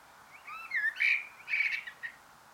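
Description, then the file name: Eurasian blackbird giving a short mellow, fluty phrase of slurred whistles that ends in a squeaky, higher twitter. "Turdus merula"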